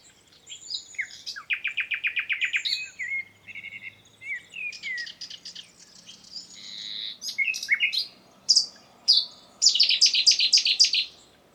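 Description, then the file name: Common nightingale singing varied phrases: a rapid rattling trill, whistled notes, sharp high clicks and buzzy repeated bursts, with short gaps between them. "Luscinia megarhynchos"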